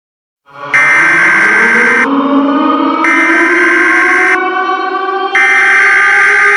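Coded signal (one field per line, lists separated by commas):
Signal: Emergency Alert System (SAME) tones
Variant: header bursts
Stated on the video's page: Fictional EAS scenario made for fun.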